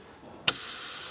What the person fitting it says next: wunderbar dann ist der schon eingerastet